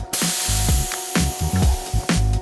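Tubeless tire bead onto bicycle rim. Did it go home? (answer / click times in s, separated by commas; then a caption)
no / none. An inflator blasts a burst of air into a tubeless mountain bike tire, trying to pop the bead onto the bicycle rim, with a sudden rushing hiss at 0.1 s and another at 2.1 s. The bead has not seated and no click is heard; the attempt comes close but misses.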